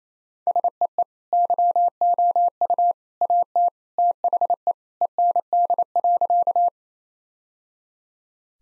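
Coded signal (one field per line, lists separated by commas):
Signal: Morse code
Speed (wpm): 28 wpm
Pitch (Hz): 700 Hz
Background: none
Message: SEE YOU AT THE END.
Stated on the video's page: Morse practice of sentences with common three-word phrases at 28 wpm, each sentence sent, spoken, then sent again.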